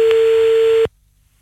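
A telephone busy signal: one loud, steady mid-pitched electronic beep holding for under a second before cutting off abruptly into silence.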